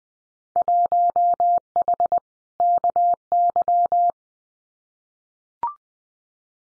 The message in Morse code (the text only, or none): 1H KY